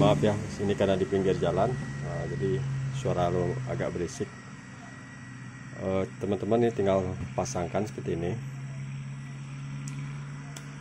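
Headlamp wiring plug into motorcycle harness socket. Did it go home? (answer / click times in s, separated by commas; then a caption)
yes / 10.6 s. Someone talks while pushing the plastic wiring plug of an Emperor bi-LED headlamp, retrofitted into a Beat Street motorcycle's headlamp, into its socket on the motorcycle harness, over a steady low hum. A short sharp sound at 9.9 s is followed by the click at 10.6 s as the connector seats.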